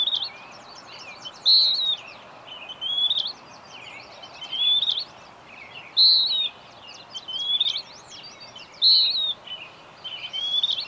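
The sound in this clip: Bird song with bright whistled phrases repeated about every one and a half seconds, some louder than others, amid a busy layer of faint high chirps and constant hiss.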